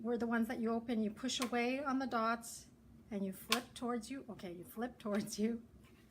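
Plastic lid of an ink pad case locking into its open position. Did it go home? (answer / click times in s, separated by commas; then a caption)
no / none. Someone talks while opening an old-style plastic ink pad case, pushing away on the dots and flipping the plastic lid towards themselves before sliding it to lock into its open position. Speech fills the clip, with a brief sharp handling sound right at the end. The lid has not locked into place and nothing has clicked yet.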